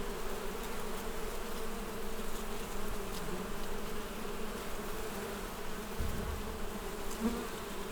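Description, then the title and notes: Wasps hum in a steady low buzz throughout. Wasps among the blossoms of the wild vine, Wörth am Rhein, Germany. "Haydnstraße 1, 76744 Wörth am Rhein, Deutschland - Wespen in den Weinranken. Wasps in the blossoms of the wild vine"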